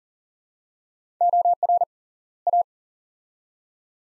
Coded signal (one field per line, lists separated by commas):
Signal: Morse code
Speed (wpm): 40 wpm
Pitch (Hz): 700 Hz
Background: none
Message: OR A